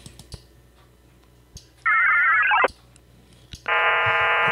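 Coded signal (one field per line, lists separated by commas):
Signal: HF data modem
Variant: VARA FM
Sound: short warbling tone burst, pause, then a harsh wide hissing data block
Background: quiet room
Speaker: we'll see if we can make a connection here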